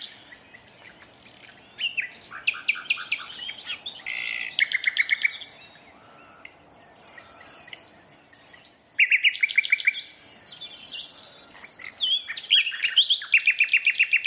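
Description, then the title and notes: Common nightingale song with harsh rattles, repeated note bursts and a thin high whistled phrase, ending in rapid trills. Two male nightingales in competitive duet at dusk, dense thorn thicket in north Dorset countryside woodland, during the dusk chorus. "An astonishing nightingale duet in a Dorset woodland. In a dense thicket of thorn, a single nightingale starts to sing - drowning out the tractor mowing the year's first silage. Its performance attracts the attention of another male, who moves in closer and soon a competitive duet fills the night"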